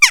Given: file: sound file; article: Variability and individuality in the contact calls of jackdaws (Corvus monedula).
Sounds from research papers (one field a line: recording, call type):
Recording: jackdaw call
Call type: harmonic